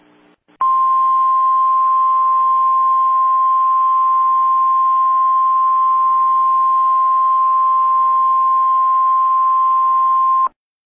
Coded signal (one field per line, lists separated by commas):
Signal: Emergency Alert System (SAME) tones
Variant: 1050 Hz attention tone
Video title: A Nuclear Missile EAS: Scenario 1,000 Nukes